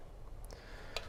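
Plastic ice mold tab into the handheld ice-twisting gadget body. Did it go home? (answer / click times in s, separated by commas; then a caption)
yes / 1.0 s. A plastic ice mold piece is fitted into the body of a handheld ice-twisting gadget, and its small tab locks into place on the back. A few faint ticks come first, then a sharp tick at 1.0 s as the tab seats.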